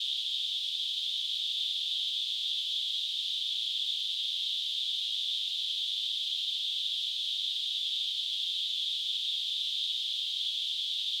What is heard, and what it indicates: Tinnitus.